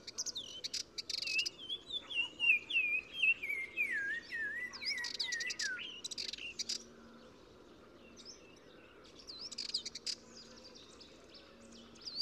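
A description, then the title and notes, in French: Birds sing in garden hedges, a dense bright warbling run for seven seconds, then quieter scattered chirps over a soft low rural hush. Oued Massa - Maroc - Nagra AresBB - Telinga pro6. Au printemps dans les jardins qui entourent le village de Zaouit Massa à l'embouchure de l'Oued Massa de nombreux oiseaux chantent dans les haies et buissons.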